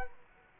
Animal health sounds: mosquito wingbeat signal from an infrared sensor; Culex quinquefasciatus

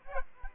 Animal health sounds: mosquito wingbeat signal from an infrared sensor; Aedes aegypti

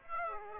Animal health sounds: mosquito wingbeat signal from an infrared sensor; Aedes aegypti

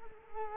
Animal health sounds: mosquito wingbeat signal from an infrared sensor; Culex quinquefasciatus

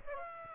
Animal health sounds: mosquito wingbeat signal from an infrared sensor; Aedes aegypti

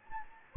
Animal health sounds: mosquito wingbeat signal from an infrared sensor; Anopheles gambiae

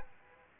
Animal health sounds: mosquito wingbeat signal from an infrared sensor; Aedes aegypti

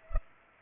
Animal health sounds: mosquito wingbeat signal from an infrared sensor; Culex pipiens

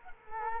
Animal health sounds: mosquito wingbeat signal from an infrared sensor; Culex quinquefasciatus

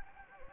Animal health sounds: mosquito wingbeat signal from an infrared sensor; Anopheles gambiae

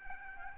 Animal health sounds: mosquito wingbeat signal from an infrared sensor; Aedes albopictus

